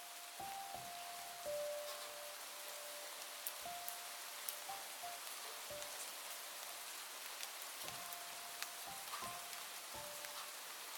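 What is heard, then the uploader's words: Light rain falls steadily, a soft, even hiss with occasional sharper drops and taps scattered throughout. Beneath it, a quiet, simple melody of thin sustained tones drifts in and out, sitting low in the mix behind the rain. Listen to the sound of light rain with music.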